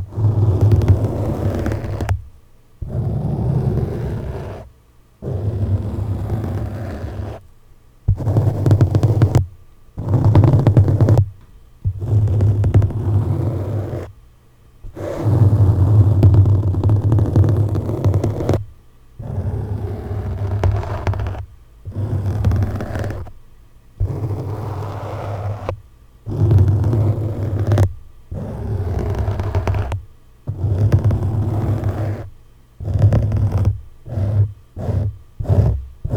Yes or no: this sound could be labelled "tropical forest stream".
no